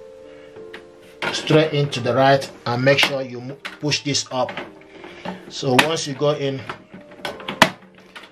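A black ink cartridge for an HP DeskJet 2724 inkjet printer is pushed straight into the printer carriage slot and pushed up while someone talks. A sharp click sounds at 7.6 s as the cartridge latches and is seated.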